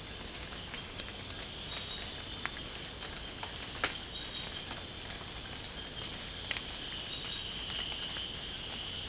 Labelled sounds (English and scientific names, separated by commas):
none